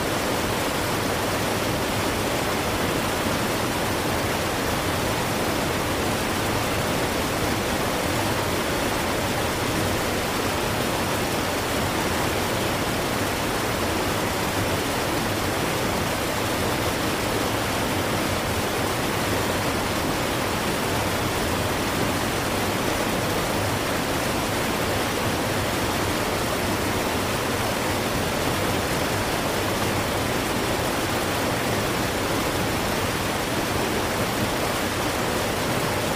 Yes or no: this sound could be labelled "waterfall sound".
yes